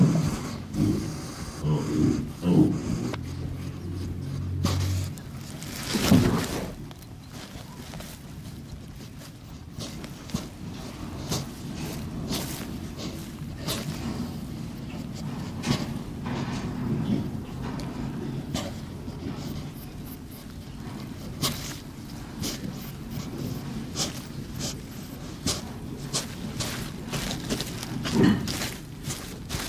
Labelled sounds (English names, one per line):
West European Hedgehog